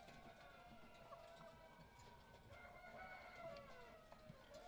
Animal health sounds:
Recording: poultry house recording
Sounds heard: healthy chickens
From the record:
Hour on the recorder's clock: 18

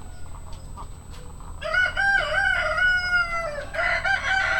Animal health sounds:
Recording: poultry house recording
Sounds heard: sick chickens (respiratory disease)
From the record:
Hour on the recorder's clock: 1

